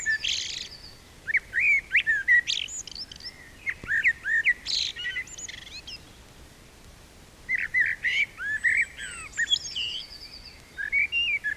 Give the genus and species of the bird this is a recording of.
Turdus merula